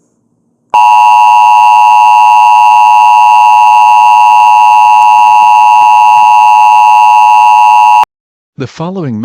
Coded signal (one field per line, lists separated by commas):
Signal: Emergency Alert System (SAME) tones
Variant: 853 and 960 Hz attention tone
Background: speech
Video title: EAS Scenario #96: Solar Eclipse: That’s No Moon